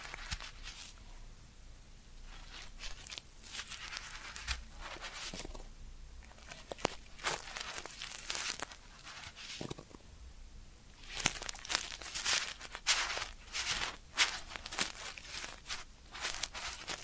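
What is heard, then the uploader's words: Crackly ear-cleaning sounds fill the clip: bursts of bright scratching and rustling come in irregular clusters, pausing briefly between strokes. The busiest passages arrive around the middle and from about eleven seconds onward, set against a quiet background. ASMR 10 Sleep Inducing Ear Cleaning Triggers with 3D Brain Penetration (No Talking).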